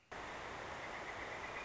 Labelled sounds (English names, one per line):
Northern Flicker